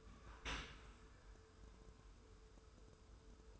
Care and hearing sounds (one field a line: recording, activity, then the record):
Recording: daily activity, microphone in the room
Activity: open dishwasher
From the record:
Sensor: 2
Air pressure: 1014.8 hPa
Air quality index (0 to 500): 25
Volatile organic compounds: 1 ppm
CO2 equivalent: 505 ppm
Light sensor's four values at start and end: 10/23/9/10 and 10/23/9/10